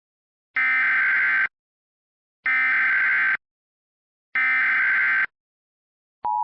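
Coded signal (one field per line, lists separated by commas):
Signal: Emergency Alert System (SAME) tones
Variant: header bursts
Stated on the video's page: Fictional tornado warning EAS scenario made to sound realistic.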